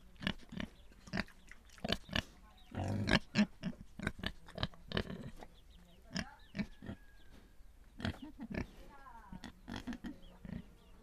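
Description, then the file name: Pigs grunting and snuffling in a rapid, irregular series of short rough bursts. Pigs in Viñales. "pigs in Vinales"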